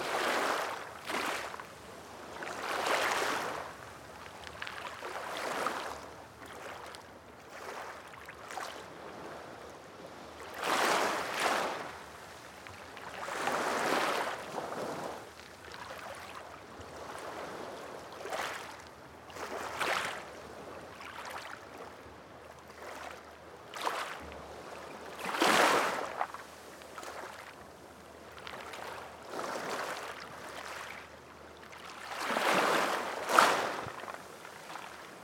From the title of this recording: Quite Beach Waves Noise